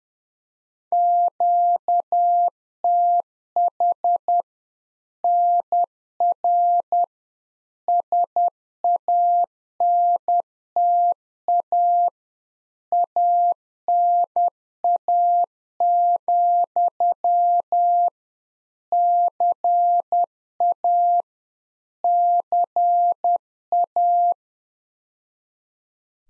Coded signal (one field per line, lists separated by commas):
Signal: Morse code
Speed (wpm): 10 wpm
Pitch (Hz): 700 Hz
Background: none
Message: QTH NR SANTA ANA, CA CA